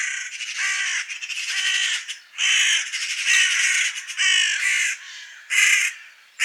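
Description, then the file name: Eurasian magpie uttering hoarse, grating calls in quick runs, broken by brief gaps. "Pica pica"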